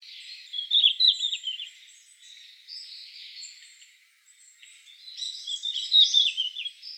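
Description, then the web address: Red-flanked bluetail, two short bursts of warbled notes, one early and one late, separated by a quieter stretch. "birdenaga ruribitaki"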